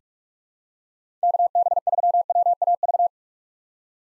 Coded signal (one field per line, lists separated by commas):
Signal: Morse code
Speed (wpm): 46 wpm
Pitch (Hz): 700 Hz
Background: none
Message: KB3WAV